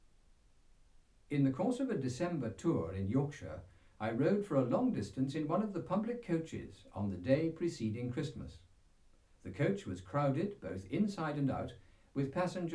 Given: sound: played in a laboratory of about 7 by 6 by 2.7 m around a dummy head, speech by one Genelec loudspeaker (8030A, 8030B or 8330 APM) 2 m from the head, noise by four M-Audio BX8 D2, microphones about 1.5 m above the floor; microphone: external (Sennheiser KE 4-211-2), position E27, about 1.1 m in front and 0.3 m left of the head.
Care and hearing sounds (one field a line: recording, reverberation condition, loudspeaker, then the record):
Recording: male speech in English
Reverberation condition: low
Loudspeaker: 120 degrees to the right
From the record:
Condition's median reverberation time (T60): about 310 ms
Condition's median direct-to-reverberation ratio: about 3.5 dB